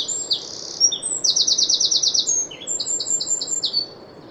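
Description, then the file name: Eurasian wren song: a fast, high, bright outpouring of varied notes with two rapid even trills of repeated chips, sustained over about four seconds. "Troglodytes troglodytes"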